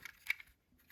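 A plastic side panel tab is worked into its slot on the body of an SS-86 Voyager Ironhide transforming toy vehicle, which is tricky to fit. After light handling clicks, the panel snaps into place with a sharp, bright click at 0.3 s, followed by a softer tick and then quiet.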